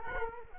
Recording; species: mosquito wingbeat signal from an infrared sensor; Culex quinquefasciatus